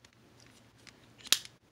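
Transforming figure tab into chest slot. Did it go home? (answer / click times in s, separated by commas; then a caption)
yes / 1.3 s. A tab on a plastic Transformers The Last Knight Premier Edition Voyager Class Megatron action figure is pushed into its slot in the chest during transformation. Faint handling ticks come first, then a sharp, loud snap at 1.3 s. The tab seats and secures in the chest.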